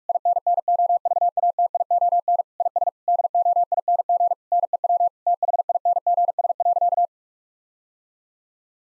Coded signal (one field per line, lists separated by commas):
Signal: Morse code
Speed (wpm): 41 wpm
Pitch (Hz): 700 Hz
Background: none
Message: INNOVATION IS DOING NEW THINGS.